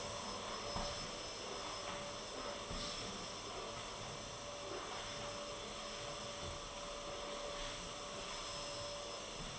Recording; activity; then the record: daily activity, microphone in the room; vacuum cleaning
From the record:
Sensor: 4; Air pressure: 1012.7 hPa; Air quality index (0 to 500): 249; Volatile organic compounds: 5 ppm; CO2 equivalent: 1706 ppm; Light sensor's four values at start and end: 13/29/12/11 and 13/30/12/11